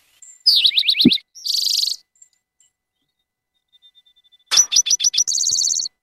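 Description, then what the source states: Eastern Towhee singing two phrases, each several sharp notes running into a rapid buzzy trill, separated by a quiet pause. Typical song rendered as 'drink your tea'; the bird makes many different sounds and occasionally says its name, 'towee'.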